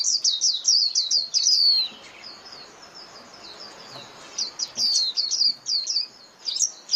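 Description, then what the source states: White-eye calls: fast high chirping bursts at start, a quiet stretch, then renewed twittering runs. Lure call used for trapping (mồi).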